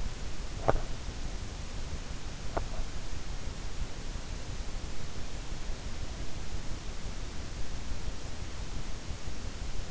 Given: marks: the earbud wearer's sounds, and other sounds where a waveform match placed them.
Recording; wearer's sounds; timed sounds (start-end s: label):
sounds in sleep by an in-ear microphone; teeth grinding
0.00-3.07 s: teeth grinding